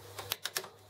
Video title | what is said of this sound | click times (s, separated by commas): Ciss Continuous ink system Fits Epson WF-7720dwf Printer | you can hear four audible clicks and then just double check each one there | 0.2 s, 0.3 s, 0.5 s, 0.6 s